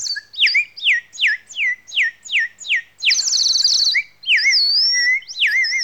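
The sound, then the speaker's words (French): A nightingale sings alone: a quick run of about eight repeated, descending whistled notes, then a buzzy rattling burst, followed by long, sweeping, high-pitched slurred whistles. “Agnès Arbaud, en quoi le chant du rossignol est-il plus humain que les autres ?”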